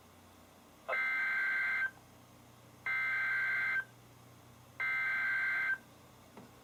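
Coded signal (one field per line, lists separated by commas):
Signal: Emergency Alert System (SAME) tones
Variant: header bursts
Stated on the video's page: NOAA Weather Radio SAME alerts from KHB36, including coastal flood, special marine and severe thunderstorm warnings issued by NWS Sterling, VA.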